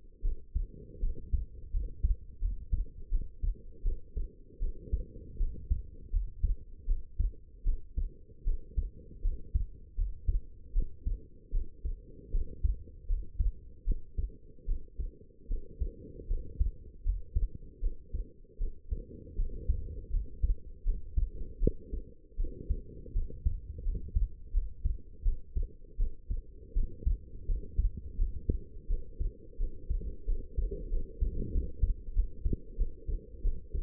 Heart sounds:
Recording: heart sounds by stethoscope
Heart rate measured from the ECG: 81 bpm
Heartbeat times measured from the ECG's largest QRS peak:
0.22 s: heartbeat
1.00 s: heartbeat
1.72 s: heartbeat
2.40 s: heartbeat
3.10 s: heartbeat
3.83 s: heartbeat
4.59 s: heartbeat
5.38 s: heartbeat
6.11 s: heartbeat
6.86 s: heartbeat
7.64 s: heartbeat
8.44 s: heartbeat
9.22 s: heartbeat
9.96 s: heartbeat
10.73 s: heartbeat
11.52 s: heartbeat
12.31 s: heartbeat
13.07 s: heartbeat
13.85 s: heartbeat
14.66 s: heartbeat
15.48 s: heartbeat
16.28 s: heartbeat
17.04 s: heartbeat
17.81 s: heartbeat
18.58 s: heartbeat
19.36 s: heartbeat
20.11 s: heartbeat
20.84 s: heartbeat
21.59 s: heartbeat
22.37 s: heartbeat
23.13 s: heartbeat
23.84 s: heartbeat
24.52 s: heartbeat
25.23 s: heartbeat
25.97 s: heartbeat
26.74 s: heartbeat
27.46 s: heartbeat
28.16 s: heartbeat
28.88 s: heartbeat
29.58 s: heartbeat
30.26 s: heartbeat
30.90 s: heartbeat
31.52 s: heartbeat
32.14 s: heartbeat
32.76 s: heartbeat
33.42 s: heartbeat
From the record:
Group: healthy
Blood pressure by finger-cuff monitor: 98/65 mmHg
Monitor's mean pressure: 74 mmHg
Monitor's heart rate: 78 bpm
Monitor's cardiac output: 5.9 L/min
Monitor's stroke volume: 75 mL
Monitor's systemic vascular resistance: 910 dyn s/cm5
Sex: female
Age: 19 years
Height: 163 cm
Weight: 51 kg

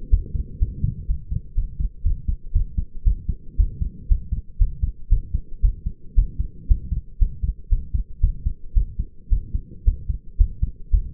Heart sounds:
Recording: heart sounds by stethoscope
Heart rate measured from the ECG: 117 bpm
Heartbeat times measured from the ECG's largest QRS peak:
0.11 s: heartbeat
0.60 s: heartbeat
1.08 s: heartbeat
1.55 s: heartbeat
2.04 s: heartbeat
2.53 s: heartbeat
3.05 s: heartbeat
3.57 s: heartbeat
4.09 s: heartbeat
4.59 s: heartbeat
5.10 s: heartbeat
5.62 s: heartbeat
6.16 s: heartbeat
6.68 s: heartbeat
7.19 s: heartbeat
7.70 s: heartbeat
8.21 s: heartbeat
8.74 s: heartbeat
9.30 s: heartbeat
9.85 s: heartbeat
10.38 s: heartbeat
10.91 s: heartbeat
From the record:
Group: healthy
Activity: rest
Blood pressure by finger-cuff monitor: 136/65 mmHg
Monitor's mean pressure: 87 mmHg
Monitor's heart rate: 120 bpm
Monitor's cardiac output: 9.1 L/min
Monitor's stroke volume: 77 mL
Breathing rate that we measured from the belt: 20 breaths a minute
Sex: male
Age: 22 years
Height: 181 cm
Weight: 60 kg

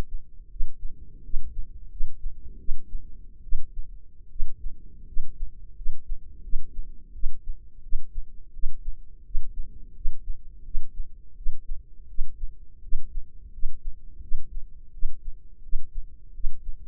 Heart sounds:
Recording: heart sounds by microphone in the left ear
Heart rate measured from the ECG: 83 bpm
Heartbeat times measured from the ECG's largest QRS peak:
0.49 s: heartbeat
1.23 s: heartbeat
1.89 s: heartbeat
2.58 s: heartbeat
3.42 s: heartbeat
4.29 s: heartbeat
5.06 s: heartbeat
5.75 s: heartbeat
6.42 s: heartbeat
7.13 s: heartbeat
7.82 s: heartbeat
8.52 s: heartbeat
9.24 s: heartbeat
9.94 s: heartbeat
10.64 s: heartbeat
11.35 s: heartbeat
12.07 s: heartbeat
12.81 s: heartbeat
13.51 s: heartbeat
14.21 s: heartbeat
14.92 s: heartbeat
15.62 s: heartbeat
16.33 s: heartbeat
From the record:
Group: healthy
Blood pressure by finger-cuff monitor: 101/57 mmHg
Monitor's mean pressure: 70 mmHg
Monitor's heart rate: 85 bpm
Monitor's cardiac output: 7.5 L/min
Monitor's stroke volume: 89 mL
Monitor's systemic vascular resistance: 670 dyn s/cm5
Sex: female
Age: 22 years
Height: 157 cm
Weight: 47.6 kg

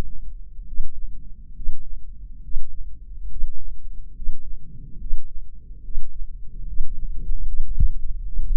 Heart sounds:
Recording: heart sounds by microphone in the left ear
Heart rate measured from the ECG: 71 bpm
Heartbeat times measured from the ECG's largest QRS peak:
0.65 s: heartbeat
1.53 s: heartbeat
2.41 s: heartbeat
3.28 s: heartbeat
4.14 s: heartbeat
4.98 s: heartbeat
5.82 s: heartbeat
6.65 s: heartbeat
7.45 s: heartbeat
8.24 s: heartbeat
From the record:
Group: healthy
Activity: Valsalva maneuver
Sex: male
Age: 23 years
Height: 179 cm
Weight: 87 kg

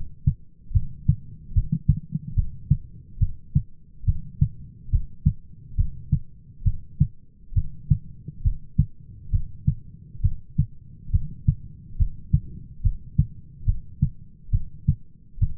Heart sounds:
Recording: heart sounds by stethoscope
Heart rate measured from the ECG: 70 bpm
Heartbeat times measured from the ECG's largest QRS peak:
0.74 s: heartbeat
1.55 s: heartbeat
2.37 s: heartbeat
3.21 s: heartbeat
4.07 s: heartbeat
4.92 s: heartbeat
5.78 s: heartbeat
6.65 s: heartbeat
7.56 s: heartbeat
8.45 s: heartbeat
9.33 s: heartbeat
10.23 s: heartbeat
11.13 s: heartbeat
11.99 s: heartbeat
12.84 s: heartbeat
13.67 s: heartbeat
14.53 s: heartbeat
15.41 s: heartbeat
From the record:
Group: heart failure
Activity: rest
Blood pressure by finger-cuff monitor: 126/93 mmHg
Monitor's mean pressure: 106 mmHg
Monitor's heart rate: 72 bpm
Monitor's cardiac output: 6.2 L/min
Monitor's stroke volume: 86 mL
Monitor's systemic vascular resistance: 1260 dyn s/cm5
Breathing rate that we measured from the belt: 17 breaths a minute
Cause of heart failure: idiopathic cardiomyopathy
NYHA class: 1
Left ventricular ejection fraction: 50%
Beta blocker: bisoprolol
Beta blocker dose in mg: 5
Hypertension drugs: candesartan, spironolactone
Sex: male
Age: 54 years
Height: 180 cm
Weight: 94.6 kg

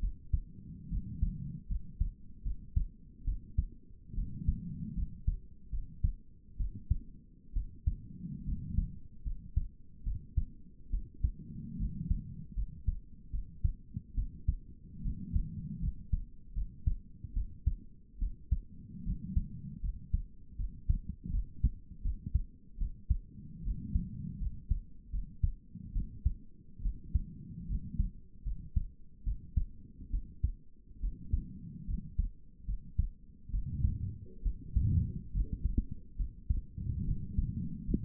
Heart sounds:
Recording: heart sounds by stethoscope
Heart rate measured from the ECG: 73 bpm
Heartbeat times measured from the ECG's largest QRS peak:
0.01 s: heartbeat
0.90 s: heartbeat
1.69 s: heartbeat
2.44 s: heartbeat
3.26 s: heartbeat
4.15 s: heartbeat
4.96 s: heartbeat
5.71 s: heartbeat
6.58 s: heartbeat
7.54 s: heartbeat
8.45 s: heartbeat
9.24 s: heartbeat
10.04 s: heartbeat
10.91 s: heartbeat
11.78 s: heartbeat
12.56 s: heartbeat
13.32 s: heartbeat
14.16 s: heartbeat
15.03 s: heartbeat
15.81 s: heartbeat
16.55 s: heartbeat
17.35 s: heartbeat
18.20 s: heartbeat
19.05 s: heartbeat
19.82 s: heartbeat
20.57 s: heartbeat
21.32 s: heartbeat
22.03 s: heartbeat
22.79 s: heartbeat
23.64 s: heartbeat
24.40 s: heartbeat
25.12 s: heartbeat
25.94 s: heartbeat
26.83 s: heartbeat
27.68 s: heartbeat
28.44 s: heartbeat
29.25 s: heartbeat
30.11 s: heartbeat
31.01 s: heartbeat
31.87 s: heartbeat
32.66 s: heartbeat
33.52 s: heartbeat
34.44 s: heartbeat
35.33 s: heartbeat
36.17 s: heartbeat
37.06 s: heartbeat
37.87 s: heartbeat
From the record:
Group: healthy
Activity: rest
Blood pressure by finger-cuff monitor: 137/64 mmHg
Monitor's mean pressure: 86 mmHg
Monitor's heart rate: 72 bpm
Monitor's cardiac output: 7.6 L/min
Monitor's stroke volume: 104 mL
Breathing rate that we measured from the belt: 16 breaths a minute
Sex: female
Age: 22 years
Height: 160 cm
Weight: 63 kg

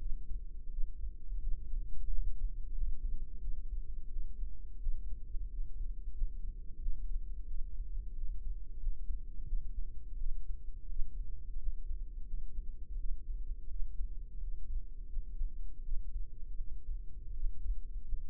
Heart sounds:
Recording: heart sounds by microphone in the right ear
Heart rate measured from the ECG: 86 bpm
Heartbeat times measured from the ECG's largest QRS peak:
0.69 s: heartbeat
1.39 s: heartbeat
2.08 s: heartbeat
2.72 s: heartbeat
3.39 s: heartbeat
4.09 s: heartbeat
4.79 s: heartbeat
5.48 s: heartbeat
6.12 s: heartbeat
6.78 s: heartbeat
7.46 s: heartbeat
8.13 s: heartbeat
8.78 s: heartbeat
9.44 s: heartbeat
10.16 s: heartbeat
10.87 s: heartbeat
11.57 s: heartbeat
12.25 s: heartbeat
12.96 s: heartbeat
13.66 s: heartbeat
14.39 s: heartbeat
15.07 s: heartbeat
15.81 s: heartbeat
16.56 s: heartbeat
17.31 s: heartbeat
18.03 s: heartbeat
From the record:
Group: healthy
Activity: rest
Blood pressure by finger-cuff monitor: 136/79 mmHg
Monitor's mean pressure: 97 mmHg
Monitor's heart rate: 87 bpm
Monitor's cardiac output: 7.3 L/min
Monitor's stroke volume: 82 mL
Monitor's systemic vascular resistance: 980 dyn s/cm5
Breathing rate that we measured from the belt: 19 breaths a minute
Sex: female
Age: 26 years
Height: 165 cm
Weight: 55 kg

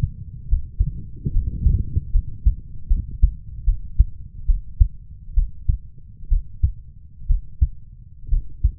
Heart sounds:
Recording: heart sounds by stethoscope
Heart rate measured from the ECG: 69 bpm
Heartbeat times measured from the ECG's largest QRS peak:
0.48 s: heartbeat
1.32 s: heartbeat
2.11 s: heartbeat
2.87 s: heartbeat
3.64 s: heartbeat
4.45 s: heartbeat
5.34 s: heartbeat
6.28 s: heartbeat
7.26 s: heartbeat
8.29 s: heartbeat
From the record:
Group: healthy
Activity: rest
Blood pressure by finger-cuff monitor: 105/68 mmHg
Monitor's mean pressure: 80 mmHg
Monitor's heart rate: 72 bpm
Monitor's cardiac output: 5.6 L/min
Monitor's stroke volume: 78 mL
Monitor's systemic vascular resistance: 950 dyn s/cm5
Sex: female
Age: 23 years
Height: 160 cm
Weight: 50.4 kg

